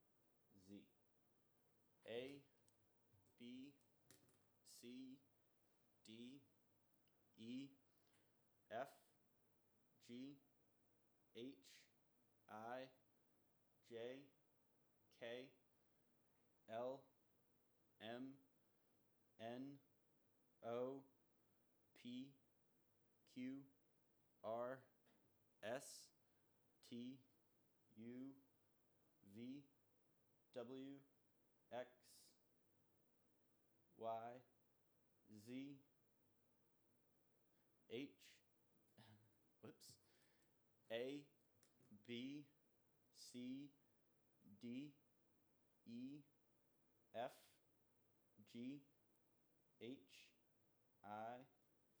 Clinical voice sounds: letters of the alphabet, spoken; free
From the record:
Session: first day, before the bite bar

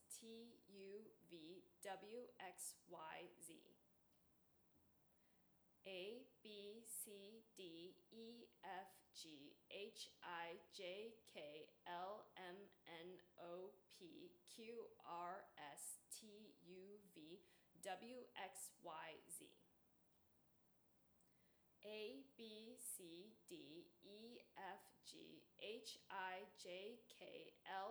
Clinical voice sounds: letters of the alphabet, spoken; free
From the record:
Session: seven days later

